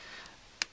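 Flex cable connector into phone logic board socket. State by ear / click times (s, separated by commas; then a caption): seated / 0.6 s. A flex cable board connector is pressed onto its socket on an iPhone 4 logic board and seats with one sharp, bright click at 0.6 s. Before the click there is only faint background noise, and there is no speech in the clip.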